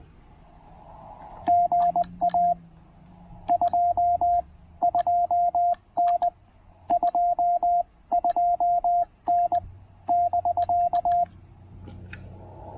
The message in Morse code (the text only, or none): GA 22N 22N <BK>